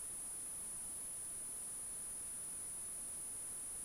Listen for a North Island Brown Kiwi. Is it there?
no